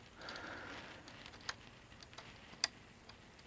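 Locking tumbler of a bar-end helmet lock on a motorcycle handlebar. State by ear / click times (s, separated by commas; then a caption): released / 2.6 s. A key is turned about an eighth of a turn in a metal Lidlox bar-end helmet lock on the handlebar of a BMW K1600 GTL motorcycle, releasing the lock. A soft rushing noise early on gives way to a few faint ticks, then the locking tumbler pops out with a sharp, loud click at 2.6 s.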